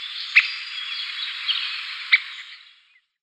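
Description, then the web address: Three-toed woodpecker uttering two abrupt single notes, one near the start and one about two-thirds through, with a continuous hiss that fades out at the end. "Schulze Peter Three-toed Woodpecker calls"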